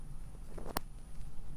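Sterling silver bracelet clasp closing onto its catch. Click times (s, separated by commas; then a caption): 0.8 s. A solid sterling silver bracelet clasp is closed by hand onto its catch, with a faint tick at 0.6 s before it clicks shut crisply at 0.8 s. The clasp seats, and the crisp click is taken as a sign of craftsmanship.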